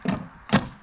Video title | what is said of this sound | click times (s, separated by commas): WildAx Europa XL (Volt Pack) - Handover Video | till it clicks and that's it connected. | 0.1 s